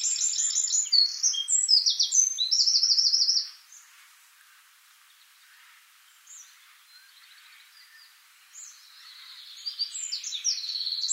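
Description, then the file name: Eurasian wren singing a loud burst of high, rapid trills and chattering notes for over three seconds, then near quiet, before faint high notes and another trill begin near the end. "Troglodytes troglodytes"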